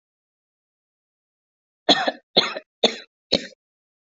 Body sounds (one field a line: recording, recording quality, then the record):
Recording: heavy voluntary cough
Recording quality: excellent, no background noise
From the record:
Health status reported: healthy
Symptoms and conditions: diabetes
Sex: female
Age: 41 years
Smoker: not ticked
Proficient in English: yes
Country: Canada